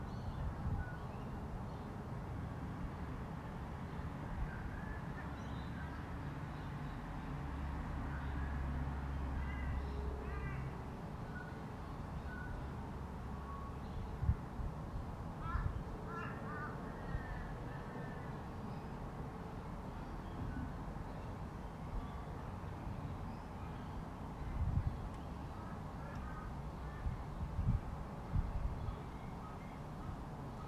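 A quiet residential street with a steady low rumble of traffic and wind underneath. Birds chirp in short scattered bursts throughout, and a few soft knocks stand out near 14, 25 and 28 seconds. A low hum swells briefly around 8 to 12 seconds.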